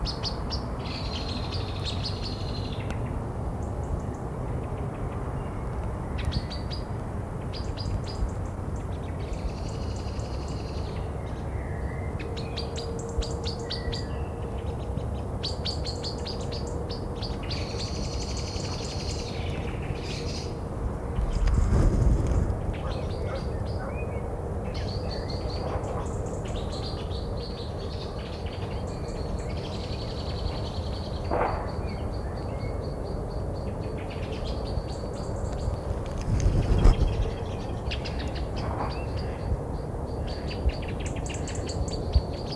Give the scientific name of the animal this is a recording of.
Turdus merula